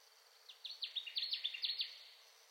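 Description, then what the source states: Connecticut warbler song, a vigorous phrase of about a dozen quick, slurred chipping notes that builds in volume and then stops abruptly. Ten songs, recorded 2021-06-10.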